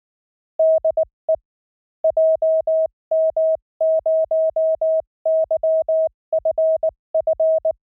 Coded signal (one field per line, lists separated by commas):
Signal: Morse code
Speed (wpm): 19 wpm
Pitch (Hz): 640 Hz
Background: none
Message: DE JM0YFF